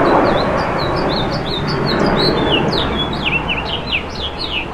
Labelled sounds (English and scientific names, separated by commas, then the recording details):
House Finch (Haemorhous mexicanus) song
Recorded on Long Island, New York, on 10 June 2012
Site GW
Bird C